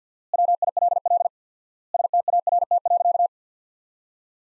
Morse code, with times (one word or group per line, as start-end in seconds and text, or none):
0.3-1.3 WILL
1.9-3.3 START.